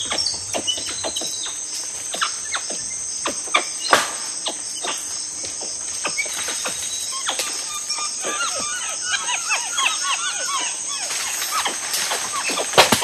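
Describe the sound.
Tufted capuchin chirps, short arched notes bunched in the second half, over sharp crackling clicks and a constant high-pitched insect hum.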